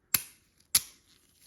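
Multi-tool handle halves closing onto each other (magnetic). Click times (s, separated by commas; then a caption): 0.1 s, 0.8 s. The two magnetic handle halves of a multi-tool, pulled apart to open it, are brought back together and snap shut. Two sharp, bright clicks ring out at about 0.2 s and 0.8 s, each fading over a short tail, with a faint tick in between. The handles click into place and are seated.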